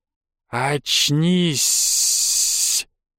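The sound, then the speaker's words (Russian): A voice imitates many snakes stirring in the dark: two short voiced, wordless sounds broken by a quick hiss, then one long, steady, sharp hiss that holds for over a second before cutting off. “Оно было явное, множественное, мерзкое, узнаваемое. В темноте шевелились змеи.”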